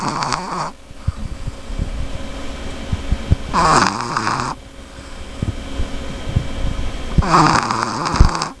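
Three rough, rattling snores, each lasting about a second, recur roughly every three to four seconds, about 16 to 17 breaths a minute. Quieter breathing noise fills the gaps. This is a Boston Terrier dog snoring in its sleep.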